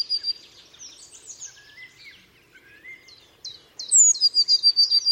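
Bird song: a mix of twittering and rising whistles, then a loud high note and rapid trill bursting in for the last second.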